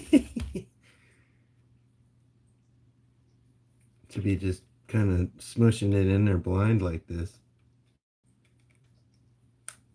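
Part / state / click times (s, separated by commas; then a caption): wire plug into the RC car's electronics (speed controller or receiver) / seated / 9.7 s. A wire plug is pushed blind into place on the electronics (speed controller or receiver) inside an RC truck chassis during a Castle motor and speed controller install. Someone talks, then after a quiet pause a sharp click is heard at 9.7 s as the connector snaps in and seats.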